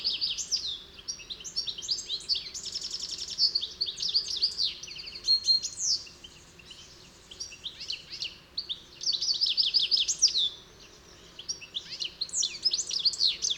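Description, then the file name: European goldfinch song, a fast jumble of liquid twitters, trills and buzzy notes, broken by pauses, high-pitched throughout. "Carduelis carduelis"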